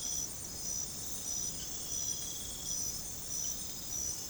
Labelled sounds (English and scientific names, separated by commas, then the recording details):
none
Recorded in secondary vegetation near Puerto Asís, Putumayo, Colombia, on 21 December 2024 at 03:00
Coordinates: 0.468, -76.324
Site G095